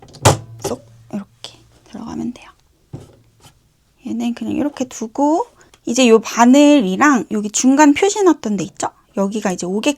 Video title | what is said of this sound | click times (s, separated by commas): 나만의 코바늘 케이스 만들기 🎀｜집에서 시작하는 자수 미싱 F580 | hook it here, and press here so it clicks into place. | 0.3 s